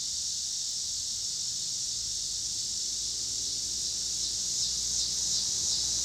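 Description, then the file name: Cicada drone as an even high hiss that grows a little louder toward the end, over low vehicle noise. Pittsburgh, Pennsylvania; 26 August 2023; recorded alongside car traffic. "2023-08-26 cicadas and cars Pittsburgh PA"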